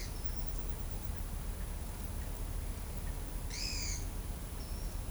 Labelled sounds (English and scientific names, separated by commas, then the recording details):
Pale-eyed Pygmy Tyrant (Atalotriccus pilaris)
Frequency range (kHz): Pale-eyed Pygmy Tyrant (Atalotriccus pilaris) 1.7-10.5 kHz
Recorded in shrubland near Pivijay, Magdalena, Colombia, on 5 June 2023 at 13:30
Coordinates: 10.453, -74.365
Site P5-G022